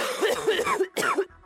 That's a flu and cold cough.